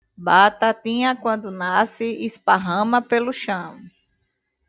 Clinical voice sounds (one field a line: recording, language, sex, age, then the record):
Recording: short text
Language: Brazilian Portuguese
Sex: female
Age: 30 to 39 years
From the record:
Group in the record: control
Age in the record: 37 years